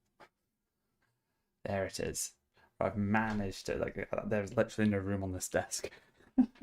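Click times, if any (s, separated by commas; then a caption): none. A plastic brick section, the last piece of a saucer section on a large plastic brick starship, is handled over a crowded desk as it is brought toward the saucer assembly. Someone talks and laughs throughout, with a brief sharp sound right at the end. Nothing has seated or clicked into place yet.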